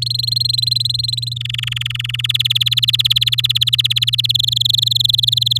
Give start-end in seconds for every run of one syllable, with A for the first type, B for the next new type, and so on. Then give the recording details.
0.02-1.34 A, 1.36-2.16 B, 2.19-4.32 C, 4.34-5.58 D. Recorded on 10 May 2018 at 10:51. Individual llb16